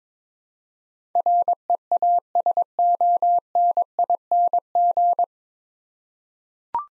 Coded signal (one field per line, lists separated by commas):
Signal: Morse code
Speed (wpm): 22 wpm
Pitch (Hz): 700 Hz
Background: none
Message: REASONING